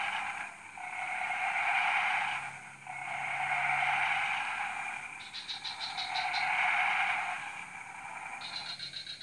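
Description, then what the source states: Frog chorus rising and falling in waves with brief dips between them, followed later by quick, high, pulsed trills. Chorus recorded at 03:00 on Tuesday 14 February 2017 at Jalan Kolonel Sugiono No. 9, Kuala Kapuas, Central Kalimantan, Indonesia.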